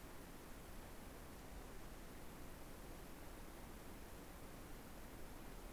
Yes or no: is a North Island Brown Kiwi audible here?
no